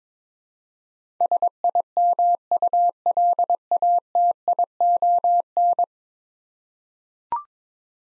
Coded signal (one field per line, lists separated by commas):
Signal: Morse code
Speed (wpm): 22 wpm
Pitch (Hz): 700 Hz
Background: none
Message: SIMULATION